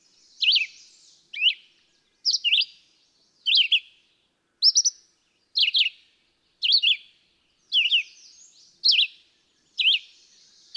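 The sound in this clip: Red-eyed vireo song: a string of brisk, sweet whistled phrases, each rising or dropping, repeated nearly every second in a clean recording.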